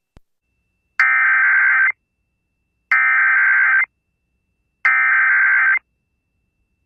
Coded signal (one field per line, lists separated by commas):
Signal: Emergency Alert System (SAME) tones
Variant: header bursts